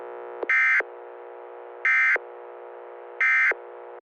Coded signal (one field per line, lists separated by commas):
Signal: Emergency Alert System (SAME) tones